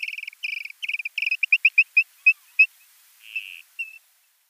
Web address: Schulze Peter Dotterel display